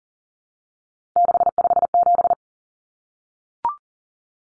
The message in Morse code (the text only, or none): 657